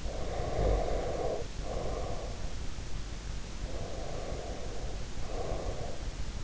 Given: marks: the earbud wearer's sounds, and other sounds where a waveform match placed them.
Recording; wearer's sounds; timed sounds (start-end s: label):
sounds in sleep by an in-ear microphone; breath
0.00-2.60 s: breath
3.44-6.11 s: breath